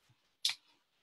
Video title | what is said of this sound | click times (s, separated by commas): FB Live unboxing 6 08 20 | hi click right in there little | 0.4 s